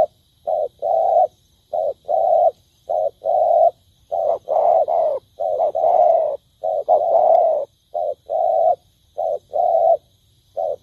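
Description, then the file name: Spotted dove cooing steadily in low paired notes. Some coos in the middle of the sequence are longer. Cooing (Vietnamese: gáy). "tieng cu dat gay"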